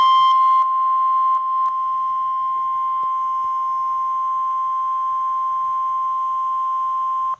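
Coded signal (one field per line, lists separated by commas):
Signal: Emergency Alert System (SAME) tones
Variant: 1050 Hz attention tone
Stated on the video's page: High wind warning received on an AcuRite 8550rx weather radio.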